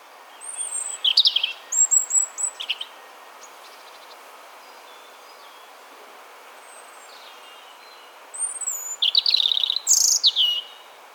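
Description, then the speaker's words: European robin song of thin, high whistled phrases and trills, a cluster of notes early on, a long pause, then a louder burst of varied notes near the end. Autumn song, less rousing and maybe a little sad, associated with the tick call; both sexes sing to defend territory. "The autumn song seems less rousing and maybe a little sad."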